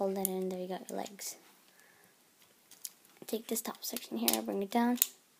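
Someone talks while handling a Transformers Drift transforming toy robot, folding its plastic top section down toward the body, with a few faint taps and rustles of plastic between the words. Nothing has seated or clicked into place yet.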